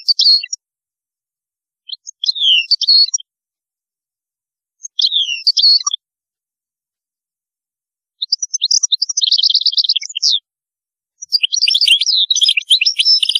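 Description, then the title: European goldfinch giving short chirpy twitter phrases every few seconds, building to a longer fast trilling run and a dense jangling burst at the end. "Chant Chardonneret"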